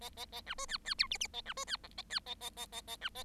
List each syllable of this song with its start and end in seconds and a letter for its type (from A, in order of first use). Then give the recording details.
0.01-0.09 A, 0.17-0.25 A, 0.32-0.41 A, 0.46-0.54 B, 0.58-0.66 C, 0.68-0.78 D, 0.85-0.94 D, 0.98-1.07 E, 1.11-1.18 F, 1.20-1.27 F, 1.33-1.42 A, 1.45-1.53 B, 1.56-1.65 C, 1.67-1.77 D, 1.83-1.88 G, 1.97-2.02 A, 2.10-2.19 D, 2.26-2.35 A, 2.41-2.50 A, 2.57-2.66 A, 2.72-2.81 A, 2.87-2.96 A, 3.01-3.09 B, 3.15-3.23 A. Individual Bird7